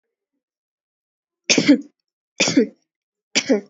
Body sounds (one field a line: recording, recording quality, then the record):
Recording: shallow voluntary cough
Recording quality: excellent, no background noise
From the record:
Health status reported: exposed to COVID-19, no respiratory illness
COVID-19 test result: negative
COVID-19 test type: RT-PCR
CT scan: not taken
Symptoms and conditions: cough, cold, sore throat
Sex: female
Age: 32 years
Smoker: no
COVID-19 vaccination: both doses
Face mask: worn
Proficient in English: yes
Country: India